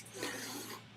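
A single raspy, rough breath noise lasts most of this one-second clip, swelling and fading like a snoring inhalation. A dog sleeping underneath a desk in an RV is snoring. A faint steady electrical hum sits underneath.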